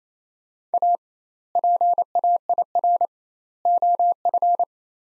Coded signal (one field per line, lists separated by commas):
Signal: Morse code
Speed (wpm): 28 wpm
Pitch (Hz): 700 Hz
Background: none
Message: A PAIR OF